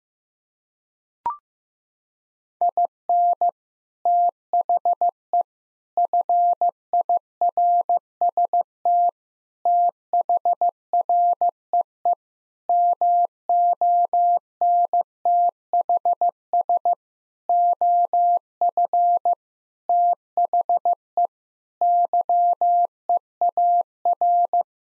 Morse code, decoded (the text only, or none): IN THE FIRST THREE MONTHS OF THE YEAR